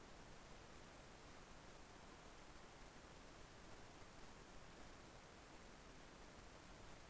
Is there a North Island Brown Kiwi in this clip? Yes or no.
no